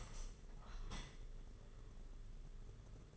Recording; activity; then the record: daily activity, microphone in the room; open window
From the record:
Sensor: 4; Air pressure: 992.1 hPa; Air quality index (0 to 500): 97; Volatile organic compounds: 10 ppm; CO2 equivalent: 2262 ppm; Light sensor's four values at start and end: 22/76/28/29 and 22/77/28/30